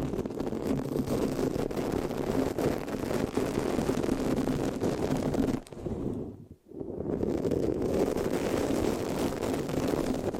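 Dense, continuous scratching against the microphone gives a rough, rumbling texture weighted toward low, muffled tones. The rubbing stays steady until it briefly drops away to near silence around six and a half seconds, then resumes just as thick.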